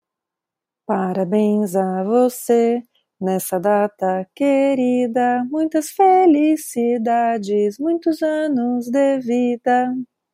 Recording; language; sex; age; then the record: short text; Brazilian Portuguese; female; 30 to 39 years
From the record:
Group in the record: control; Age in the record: 38 years